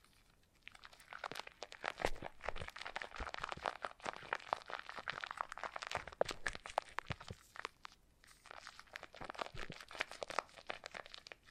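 Foam being massaged and squeezed gives dense, irregular crinkling and crunching squeaks, continuous from about one second with brief lulls near eight seconds.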